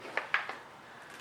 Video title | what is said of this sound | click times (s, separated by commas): BMW Rear Diffuser Install - 2015 535i msport | go snap right into that | 0.2 s, 0.3 s